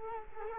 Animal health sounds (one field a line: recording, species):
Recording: mosquito wingbeat signal from an infrared sensor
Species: Culex quinquefasciatus